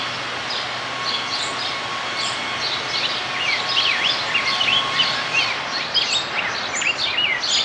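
Rose-breasted grosbeak song, a run of sweet, slurred warbled notes rising and falling, over steady background hiss and many sharp high chirps.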